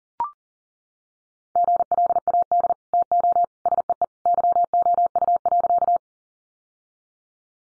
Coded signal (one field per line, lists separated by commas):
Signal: Morse code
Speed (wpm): 40 wpm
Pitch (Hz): 700 Hz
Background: none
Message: GLAD TO SEE YOU.